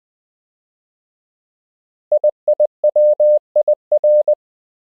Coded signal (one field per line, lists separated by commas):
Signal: Morse code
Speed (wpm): 20 wpm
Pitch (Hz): 600 Hz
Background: none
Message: IIWIR